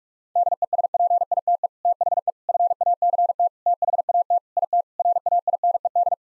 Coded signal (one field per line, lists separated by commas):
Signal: Morse code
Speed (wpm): 41 wpm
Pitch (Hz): 700 Hz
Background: none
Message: DESPITE THE FACT THAT IT RAINED